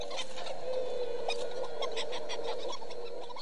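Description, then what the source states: Hawaiian petrel colony calls: continuous wavering, moaning calls over a steady hiss of noise. Wild nesting colony on the island of Lanai, Hawaii; a large, robust colony with many birds, long thought to hold hardly any.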